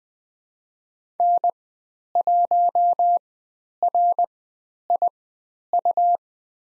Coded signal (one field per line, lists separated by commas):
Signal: Morse code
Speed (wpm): 20 wpm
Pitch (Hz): 700 Hz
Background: none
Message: N1RIU